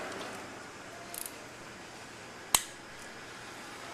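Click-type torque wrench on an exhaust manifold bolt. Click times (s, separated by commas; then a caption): 2.5 s. A click-type torque wrench tightens the first exhaust manifold bolt into the cylinder head over a steady background hiss, with a few faint ticks around 1.2 seconds. A single sharp click rings out at 2.5 seconds, showing the bolt has reached the right foot-pounds.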